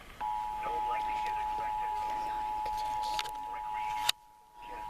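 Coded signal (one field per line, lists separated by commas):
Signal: Emergency Alert System (SAME) tones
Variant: 853 and 960 Hz attention tone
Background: speech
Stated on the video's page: National Periodic Test carried on a TV subchannel; the test was live and successful.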